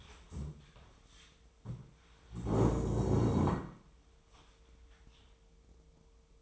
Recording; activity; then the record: daily activity, microphone in the room; stand up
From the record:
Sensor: 1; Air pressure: 1005.4 hPa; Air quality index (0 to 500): 123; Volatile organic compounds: 5 ppm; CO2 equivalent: 1728 ppm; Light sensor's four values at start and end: 11/27/11/12 and 11/26/10/11